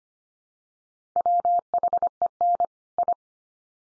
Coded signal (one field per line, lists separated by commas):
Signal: Morse code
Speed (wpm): 25 wpm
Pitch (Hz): 700 Hz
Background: none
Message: WHEN I